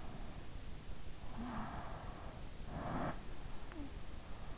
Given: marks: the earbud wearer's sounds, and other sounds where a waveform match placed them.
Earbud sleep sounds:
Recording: sounds in sleep by an in-ear microphone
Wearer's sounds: snoring breath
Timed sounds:
1.32-3.82 s: snoring breath

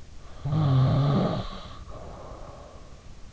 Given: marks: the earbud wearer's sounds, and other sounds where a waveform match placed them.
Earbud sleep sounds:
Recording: sounds in sleep by an in-ear microphone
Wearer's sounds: snoring breath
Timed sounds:
0.39-3.33 s: snoring breath

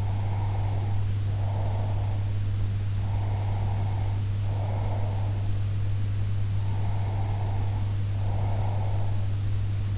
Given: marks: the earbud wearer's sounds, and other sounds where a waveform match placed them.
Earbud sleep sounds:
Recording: sounds in sleep by an in-ear microphone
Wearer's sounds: breath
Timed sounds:
0.00-2.14 s: breath
3.03-5.49 s: breath
6.66-9.20 s: breath

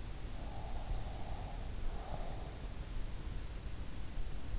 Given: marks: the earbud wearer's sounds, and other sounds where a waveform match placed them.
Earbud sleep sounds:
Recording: sounds in sleep by an in-ear microphone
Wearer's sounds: breath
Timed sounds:
0.00-3.04 s: breath

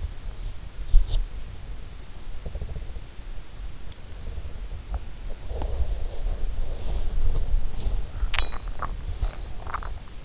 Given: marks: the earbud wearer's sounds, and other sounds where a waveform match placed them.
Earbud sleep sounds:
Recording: sounds in sleep by an in-ear microphone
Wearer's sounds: teeth grinding, body movement, swallowing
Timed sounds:
1.09-1.21 s: teeth grinding
2.43-2.96 s: teeth grinding
5.36-10.25 s: body movement
8.29-8.96 s: swallowing
9.62-10.00 s: swallowing

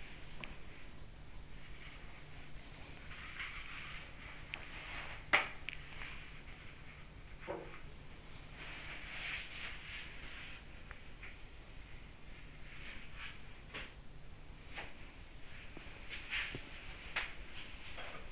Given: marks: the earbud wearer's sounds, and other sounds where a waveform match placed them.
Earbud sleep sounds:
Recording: sounds in sleep by an in-ear microphone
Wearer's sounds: body movement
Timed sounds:
0.00-18.32 s: body movement
7.22-7.94 s: sound from someone else or the room

